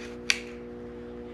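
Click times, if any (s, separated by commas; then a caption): 0.3 s. A crossbow's integrated cocking mechanism slides forward until its hook clips onto the crossbow string, producing a single sharp click at 0.3 s over a steady low hum. The hook is seated, clipped in and locked onto the string.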